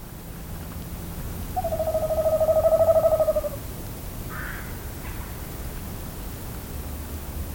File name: tawny owl song